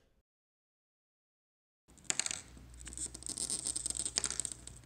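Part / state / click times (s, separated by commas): ink cartridge into fountain pen section / not seated / none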